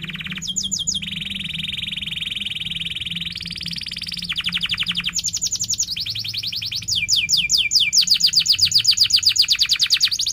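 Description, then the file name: Canary song of steady rolling trills stepping up and down in pitch, each tour a rapid even rattle, ending in loud high pulses. Canary singing vigorously (gacor) with chirping 'cuit cuit' notes and sharp rolling trills (ngerol tajam). "Suara Kenari Gacor Cuit Cuit Ngerol Tajam"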